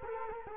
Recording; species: mosquito wingbeat signal from an infrared sensor; Culex quinquefasciatus